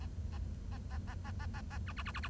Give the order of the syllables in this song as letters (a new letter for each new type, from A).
A A A A A A A A A B B B B B